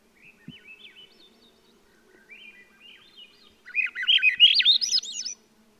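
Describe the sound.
Swainson's Thrush song: quiet fluty phrases, then a loud upward-spiralling series of whistled notes climbing in pitch for about two seconds before stopping.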